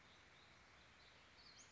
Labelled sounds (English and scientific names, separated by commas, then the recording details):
Western Flycatcher (Empidonax difficilis)
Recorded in Sonoma County, California